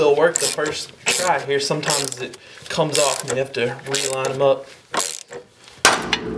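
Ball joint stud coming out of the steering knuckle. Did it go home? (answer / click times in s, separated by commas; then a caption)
released / 5.9 s. Someone talks while a ball joint separator is run down on the steering knuckle of a Honda Civic, with a few faint ratcheting clicks around 5.0 to 5.3 seconds. At 5.9 seconds a loud, sharp pop rings out as the steel ball joint stud breaks free and comes out of the knuckle, releasing it.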